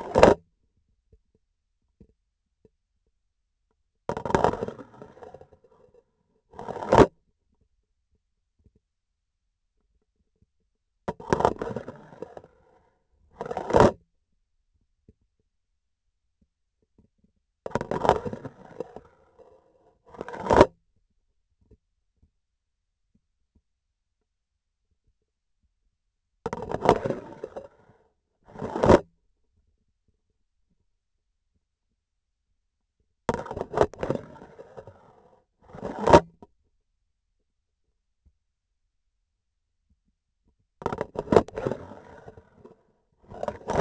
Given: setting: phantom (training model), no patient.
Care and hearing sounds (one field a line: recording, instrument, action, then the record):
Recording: laparoscopic instrument, vibration sensor on the handle end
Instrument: grasping forceps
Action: insertion and removal through the trocar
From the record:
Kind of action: spatial motion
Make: other than Olympus